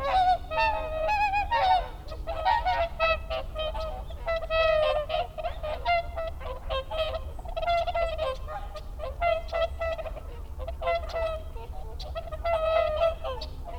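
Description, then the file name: Whooper swans calling as a flock, loud nasal trumpeting honks overlapping constantly, several birds answering one another, over steady low rumbling background noise. Recorded 30 December 2009. "20091230 oohakutyo"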